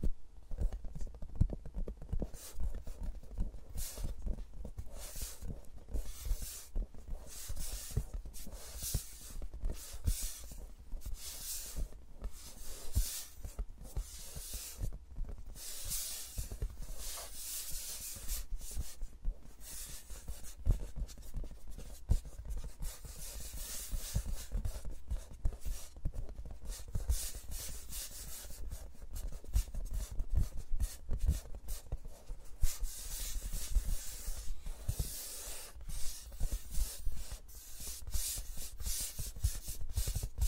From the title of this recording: ASMR with Mics Around My Fingers (No Talking)